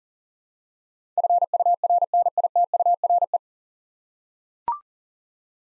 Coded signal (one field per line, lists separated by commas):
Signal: Morse code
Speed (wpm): 40 wpm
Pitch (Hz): 700 Hz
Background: none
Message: FURNITURE